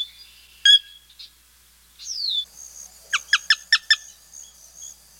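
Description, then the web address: Sora calls: a lone sharp note, a slurred descending whistle, then a quick run of five sharp, clipped notes, over a faint steady high-pitched hiss. Chicago region. "Birds of the Chicago Region. Sora"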